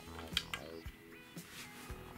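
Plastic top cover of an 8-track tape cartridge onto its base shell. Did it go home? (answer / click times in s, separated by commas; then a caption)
yes / 0.4 s. The plastic top shell of an 8-track tape cartridge is set gently over the tape and pressed onto its bottom shell, with music playing in the background. It clicks into place at 0.4 s, followed by a second sharp snap at 0.5 s, and the top shell is seated.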